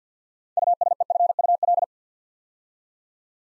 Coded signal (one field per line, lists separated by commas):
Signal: Morse code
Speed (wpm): 50 wpm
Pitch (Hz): 700 Hz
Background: none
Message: USEFUL